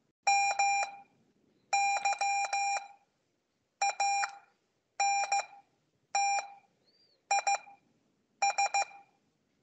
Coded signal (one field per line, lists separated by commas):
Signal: Morse code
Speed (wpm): 15 wpm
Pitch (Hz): 800 Hz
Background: none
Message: MY ANT IS